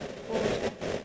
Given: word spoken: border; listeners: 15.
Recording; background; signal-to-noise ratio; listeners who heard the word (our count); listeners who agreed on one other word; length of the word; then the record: one English word in noise, from a listening test; noise modulated by three-talker babble; -7.5 dB; 3 of 15; 6 of 15; 0.65 s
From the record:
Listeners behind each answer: 6, 3, 2, 2, 1, 1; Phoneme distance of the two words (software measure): 7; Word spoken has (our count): 2 syllables, 4 phonemes, stress on syllable 1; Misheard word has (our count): 2 syllables, 3 phonemes, stress on syllable 1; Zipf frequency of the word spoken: 4.61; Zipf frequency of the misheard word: 5.15